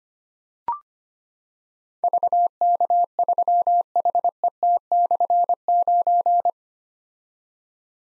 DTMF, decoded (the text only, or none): none